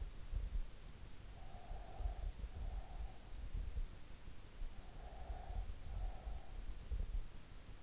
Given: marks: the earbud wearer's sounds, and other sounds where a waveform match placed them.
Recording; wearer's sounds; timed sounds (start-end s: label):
sounds in sleep by an in-ear microphone; breath
1.28-2.95 s: breath
5.05-6.78 s: breath